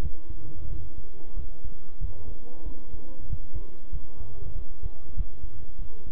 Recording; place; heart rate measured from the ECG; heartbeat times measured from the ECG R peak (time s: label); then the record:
heart sounds by stethoscope; between the tricuspid and mitral areas; 94 bpm
0.03 s: heartbeat
0.70 s: heartbeat
1.37 s: heartbeat
2.01 s: heartbeat
2.66 s: heartbeat
3.30 s: heartbeat
3.93 s: heartbeat
4.55 s: heartbeat
5.17 s: heartbeat
5.79 s: heartbeat
From the record:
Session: bicycle stress test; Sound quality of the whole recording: good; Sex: male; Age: 23 years